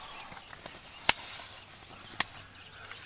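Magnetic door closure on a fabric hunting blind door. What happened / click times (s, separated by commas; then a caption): The magnetic closures snapped shut / 1.1 s, 2.2 s. Inside a TideWe 270 Degree pop-up hunting ground blind, the magnetic closures on the fabric door are closed. Two sharp snaps are heard at 1.1 s and 2.2 s as the magnets meet, over quiet background sound. The magnetic door closures snap shut and seat.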